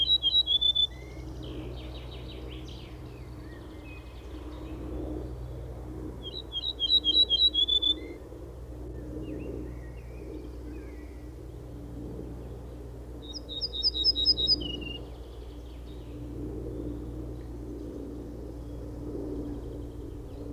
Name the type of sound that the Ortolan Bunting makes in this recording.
song